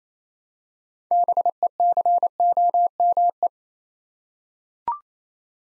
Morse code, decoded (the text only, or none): BECOME